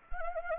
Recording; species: mosquito wingbeat signal from an infrared sensor; Anopheles arabiensis